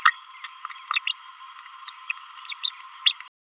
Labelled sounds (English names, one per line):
Green-rumped Parrotlet babbling